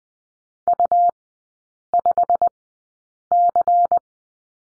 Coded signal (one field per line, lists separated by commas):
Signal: Morse code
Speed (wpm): 20 wpm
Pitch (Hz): 700 Hz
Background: none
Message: U5C